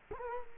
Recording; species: mosquito wingbeat signal from an infrared sensor; Culex quinquefasciatus